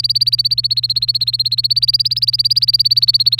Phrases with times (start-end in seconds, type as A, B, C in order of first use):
0.00-3.39 A